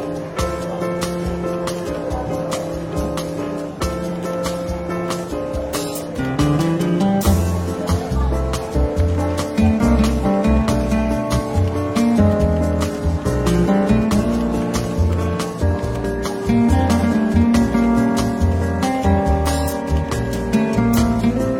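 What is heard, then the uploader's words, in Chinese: Soft, relaxed jazz plays steadily in a lightly bustling bookstore café, its bass and chords continuous, with faint clinks and murmurs underneath. 伦敦书店咖啡馆轻微喧闹氛围与柔和轻松的爵士背景音乐。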